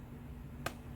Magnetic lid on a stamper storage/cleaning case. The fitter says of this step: It'll snap closed and keep everything nice and tidy in there.